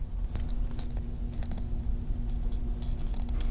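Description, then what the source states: Beetle larvae making crunching, crackling scrapes in irregular bursts over a low steady hum. Larvae building their pupal chambers from saliva and droppings before becoming adults, described as crunching 'ppudeudeuk'; insect farm in Yongin, Gyeonggi-do.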